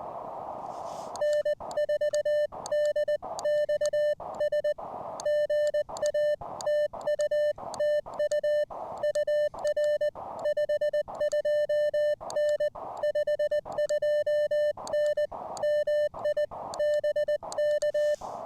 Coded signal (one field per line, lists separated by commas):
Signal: Morse code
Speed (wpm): 20 wpm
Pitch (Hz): 600 Hz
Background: music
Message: N4D XS GA TU TU UR 52N 52N MI BK